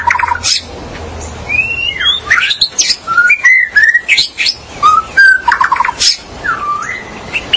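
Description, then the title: Magpie-robin or shama giving a continuous, varied song of loud whistled phrases, swooping slurs and short rapid trills, with brief pauses between phrases. "Suara Burung Murai"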